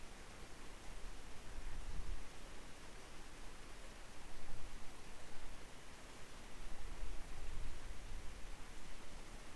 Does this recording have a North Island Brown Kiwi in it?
no